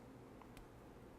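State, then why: Not seated. During reassembly of a 1911 pistol, the recoil plug is held down with a thumb while the steel slide stop lever is swung over toward its notch in the frame and slide. Only faint handling ticks are heard near 0.4 s and 0.6 s over a steady low background hiss. Nothing has seated or clicked into place yet.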